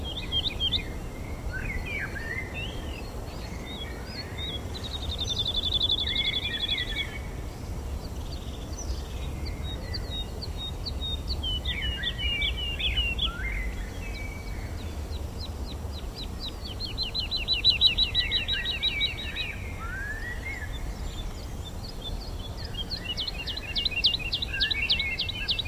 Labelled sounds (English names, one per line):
Wood Lark flight song